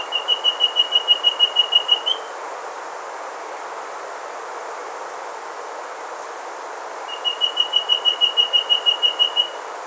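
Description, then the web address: Rusty-breasted antpitta singing a rapid run of high whistled notes on an even pitch ending in a brief upslur, then a pause of about five seconds before the series resumes. Andean bird of South America. "S America Andean Birds Rusty-Breasted Antpitta (Grallaricula Ferrugineipectus)"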